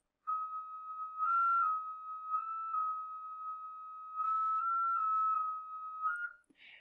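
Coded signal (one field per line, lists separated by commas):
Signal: JT65, JT9 or WSPR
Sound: a steady single whistle-like tone around 1.3 kHz, shifting pitch slightly a few times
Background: faint radio hiss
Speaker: now if you haven't heard jt65 or you've heard this sound before that is basically a jt65 signal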